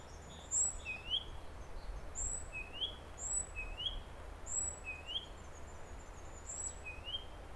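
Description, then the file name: Great tit giving a series of upslurred notes alternating with very high thin whistles, over low background rumble. "Parus major"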